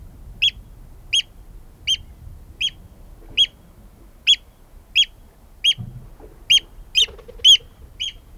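Oystercatcher calls: loud, sharp, high piping notes repeated about every half to three-quarters of a second, with a faint low rumble beneath.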